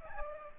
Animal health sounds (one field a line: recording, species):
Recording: mosquito wingbeat signal from an infrared sensor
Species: Culex pipiens